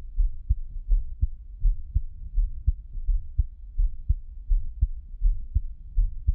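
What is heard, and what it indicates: Steady low thumps at about 83 a minute, a regular adult heartbeat recorded close up, with no talking.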